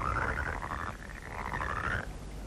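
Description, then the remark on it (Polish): A steady chorus of frogs croaking at dusk, a dense, rattling trill that runs without pause through the whole clip at moderate loudness, with no voices present. “Ostatnie zdziczałe komputery pokryły się w norkach, ustępując miejsca naturalnym słowikom i żabom.”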